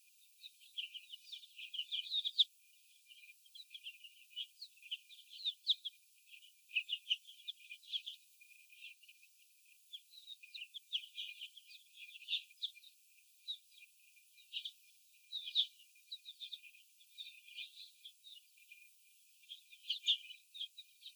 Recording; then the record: young laying hens in a cage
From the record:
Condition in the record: before the stressor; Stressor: sudden umbrella opening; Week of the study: 2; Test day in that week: 1